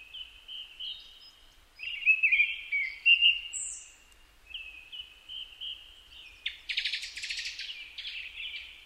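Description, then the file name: Japanese thrush giving varied whistled phrases with pauses, a thin high note, then a harsh buzzy chatter followed by more warbled notes. Recorded 4 May 2010 at 18:30. "kurotugumi-20100504-1830"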